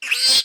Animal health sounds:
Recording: pig call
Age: piglet (1 to 25 days)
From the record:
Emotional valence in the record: negative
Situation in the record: restrain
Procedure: in the arms of a person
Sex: female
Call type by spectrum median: high-frequency call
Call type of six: low-frequency tonal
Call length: 0.44 s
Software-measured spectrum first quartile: 3540 Hz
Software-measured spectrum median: 4468 Hz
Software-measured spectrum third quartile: 5496 Hz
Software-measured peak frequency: 4189 Hz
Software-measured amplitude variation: 137 dB a second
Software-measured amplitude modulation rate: 21.6 a second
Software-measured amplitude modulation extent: 6.3 dB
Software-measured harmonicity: 5.4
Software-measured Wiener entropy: -2.35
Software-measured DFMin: 932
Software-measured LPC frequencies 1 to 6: 1742, 2588, 3331, 4201, 4761, 5194 Hz

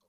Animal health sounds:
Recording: pig call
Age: piglet (1 to 25 days)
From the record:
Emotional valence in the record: positive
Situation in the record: reunion after long isolation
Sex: female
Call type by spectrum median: high-frequency call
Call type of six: low-frequency tonal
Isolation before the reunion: 8 minutes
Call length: 0.09 s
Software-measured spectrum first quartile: 580 Hz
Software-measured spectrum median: 2867 Hz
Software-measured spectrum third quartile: 10435 Hz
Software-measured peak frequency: 530 Hz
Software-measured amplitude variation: 45 dB a second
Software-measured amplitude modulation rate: 11.7 a second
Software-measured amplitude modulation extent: 3.9 dB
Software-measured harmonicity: 5.6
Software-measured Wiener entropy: -2.57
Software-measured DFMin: 982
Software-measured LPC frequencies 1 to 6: 537, 1092, 2378, 3365, 4154, 5606 Hz

